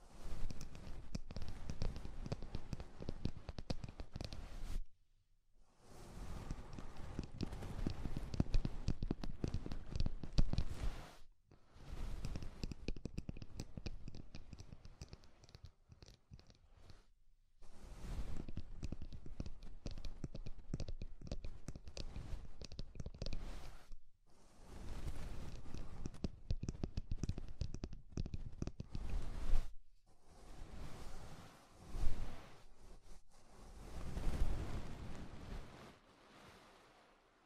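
Ear cleaning sounds with rhinestone and clay removal: dense, crackly scraping and rustling in bursts lasting several seconds, broken by short silent gaps near 5, 11, 17, 24 and 30 seconds. The texture is gritty and full, with deep rumbling thumps underneath and occasional sharper clicks.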